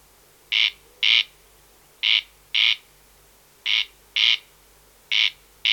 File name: Wachtelkönig Crex crex - Gesang (Bergmann)